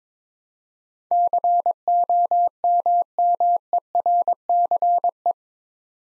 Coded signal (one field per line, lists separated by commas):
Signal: Morse code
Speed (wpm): 22 wpm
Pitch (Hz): 700 Hz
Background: none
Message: COMMERCE